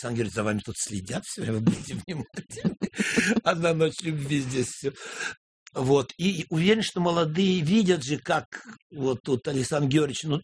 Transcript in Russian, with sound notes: «Александр Георгиевич, за Вами тут следят все время, будьте внимательны». (смеются) «Одна ночь любви» здесь… Вот, и уверен, что молодые видят же, как вот тут Александр Георгиевич, ну…